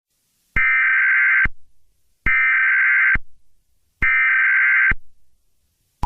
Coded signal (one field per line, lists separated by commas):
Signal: Emergency Alert System (SAME) tones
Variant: header bursts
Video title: EAS #3: World Corruption in US